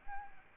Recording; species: mosquito wingbeat signal from an infrared sensor; Aedes albopictus